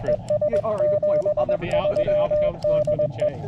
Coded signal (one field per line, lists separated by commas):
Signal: Morse code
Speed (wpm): 20 wpm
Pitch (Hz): 590 Hz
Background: speech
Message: ES 73 DE